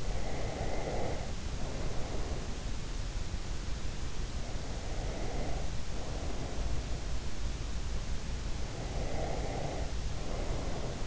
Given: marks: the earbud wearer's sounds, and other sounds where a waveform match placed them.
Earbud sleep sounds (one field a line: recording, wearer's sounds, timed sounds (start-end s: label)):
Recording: sounds in sleep by an in-ear microphone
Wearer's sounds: breath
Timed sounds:
0.00-2.39 s: breath
4.58-7.04 s: breath
8.91-11.07 s: breath